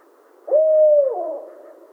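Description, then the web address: Barred owl hooting once, a smooth sustained tone that drops at the end into a softer trailing slur. Recorded 28 July 2011. "Barred Owl 2011 07 28 Barred Owl"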